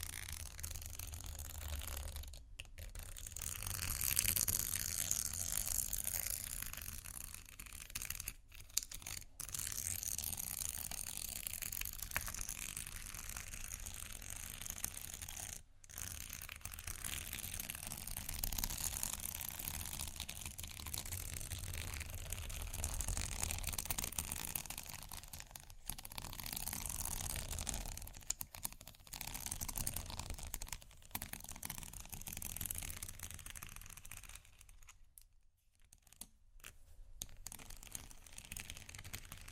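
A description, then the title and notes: Slow, soft scratching rasps along steadily with a deep low rumble, brief silent gaps near 3, 16 and 35 seconds. Slow, Deep & Soft Scratching (No Talking).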